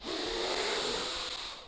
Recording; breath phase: one breath near a microphone; inhalation